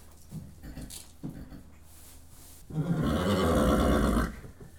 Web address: The BBC Sound Effects Library Horses